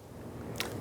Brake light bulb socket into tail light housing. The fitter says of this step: and just snap it in place.